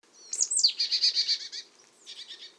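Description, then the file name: Marsh tit calling: two sharp high notes, then a quick run of several clipped, slightly buzzy notes, and a softer short burst after a brief pause. "Poecile palustris"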